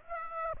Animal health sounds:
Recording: mosquito wingbeat signal from an infrared sensor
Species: Aedes aegypti

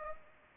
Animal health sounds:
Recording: mosquito wingbeat signal from an infrared sensor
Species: Anopheles gambiae

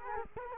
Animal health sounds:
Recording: mosquito wingbeat signal from an infrared sensor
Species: Culex quinquefasciatus

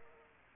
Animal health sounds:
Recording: mosquito wingbeat signal from an infrared sensor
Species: Culex pipiens

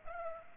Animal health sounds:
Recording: mosquito wingbeat signal from an infrared sensor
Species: Culex pipiens

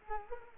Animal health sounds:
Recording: mosquito wingbeat signal from an infrared sensor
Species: Culex quinquefasciatus

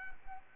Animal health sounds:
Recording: mosquito wingbeat signal from an infrared sensor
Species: Anopheles arabiensis

